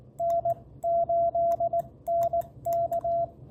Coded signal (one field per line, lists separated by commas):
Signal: Morse code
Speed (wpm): 18 wpm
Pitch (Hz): 660 Hz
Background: radio noise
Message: N8NK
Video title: Working Stu’s M0TTQ POTA Activation with 1 watt!